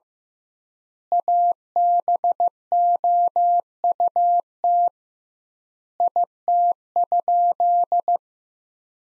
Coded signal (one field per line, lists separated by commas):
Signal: Morse code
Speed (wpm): 16 wpm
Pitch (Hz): 700 Hz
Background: none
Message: ABOUT IT?